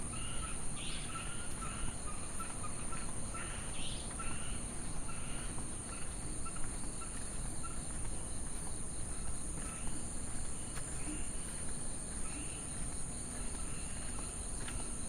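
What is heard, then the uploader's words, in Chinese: A walk along a riverbank outside a hotel, with a steady low rush filling the bottom throughout. Short bird chirps repeat every second or two across the whole stretch, over a constant high insect-like hiss. 深夜裡的寧靜_蘇澳煙波大飯店外的河堤步道。身邊有微風吹拂在身上。走在飯店外的河堤邊。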